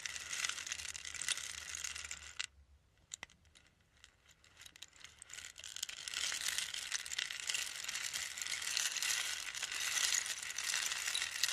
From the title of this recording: Rain stick